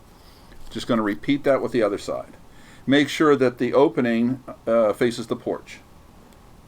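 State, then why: Not seated. Someone talks while handling the second side wall of a tabletop board-game terrain building, lining it up so its opening faces the porch before pushing its tab through the slots. Nothing has seated or clicked yet.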